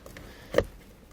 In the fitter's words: feed our wiring back down in there and then just push our switch into place until it clicks in